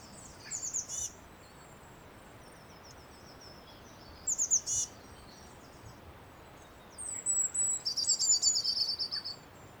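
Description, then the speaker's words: Blue Tit: two short bursts of high, squeaky repeated notes, thin descending notes, then a rapid run of repeated notes near the end, over steady background hiss. Repeating squeaky motif with background chattering; a phrase built from its high-pitched repertoire with a chattery chur added at the end. "So look, again, a little repeating squeaky motif. Chattering from the background. That's the Blue Tit as well."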